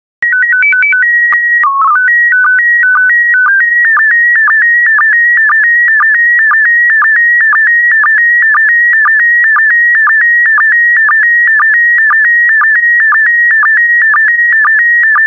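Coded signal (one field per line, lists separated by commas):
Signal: SSTV (slow-scan television)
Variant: PD 120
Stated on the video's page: PD120-mode SSTV transmission of stock photos, software-generated with synthesized audio prompts.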